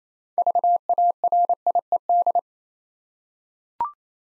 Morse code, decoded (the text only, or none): VARIED